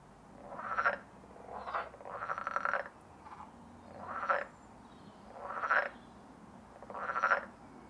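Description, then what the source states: Pool Frog calls: several short, rasping croaking bursts at uneven intervals over a faint low background. Played recording; call likened to a wet fart.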